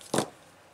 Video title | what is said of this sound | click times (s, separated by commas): Shabby Paint Mini Assemblage Project, A New Necklace With B'sue - B'Sue Boutiques | our jump snapped. Did you hear that? It means it's closed. | 0.1 s